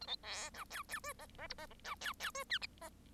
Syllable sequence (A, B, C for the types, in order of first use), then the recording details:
A B C D E E F G G H G G D E E F I. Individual Bird1